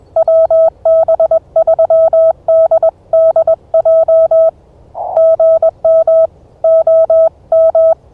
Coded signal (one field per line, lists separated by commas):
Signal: Morse code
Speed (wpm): 20 wpm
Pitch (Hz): 660 Hz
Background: none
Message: WB3DDJ GM OM